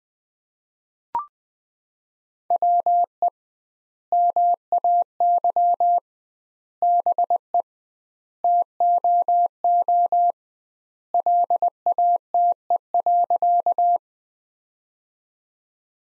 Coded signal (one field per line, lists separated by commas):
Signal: Morse code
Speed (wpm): 19 wpm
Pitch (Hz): 700 Hz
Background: none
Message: WE MAY BE TOO LATE.